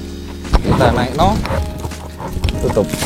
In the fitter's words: aku balikin lagi ke posisinya sampai ngunci tanah